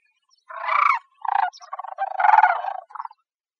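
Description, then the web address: Bird uttering harsh, gravelly squawks, long and short, ending with a brief call. Costa Rica. "birdvocals CR SACR 1 A 021106"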